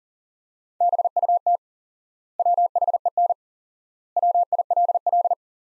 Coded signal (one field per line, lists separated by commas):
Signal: Morse code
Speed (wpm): 40 wpm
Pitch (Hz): 700 Hz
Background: none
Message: BUT WHEN WILL